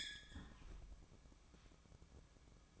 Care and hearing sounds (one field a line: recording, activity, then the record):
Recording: daily activity, microphone in the room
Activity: close fridge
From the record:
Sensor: 1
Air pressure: 1007.8 hPa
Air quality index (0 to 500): 90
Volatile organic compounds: 1 ppm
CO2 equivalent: 772 ppm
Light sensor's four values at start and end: 14/34/14/16 and 14/34/14/16